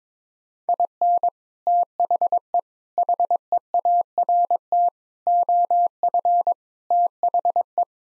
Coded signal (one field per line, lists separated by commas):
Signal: Morse code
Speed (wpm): 22 wpm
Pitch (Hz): 700 Hz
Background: none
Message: IN THE HEART OF THE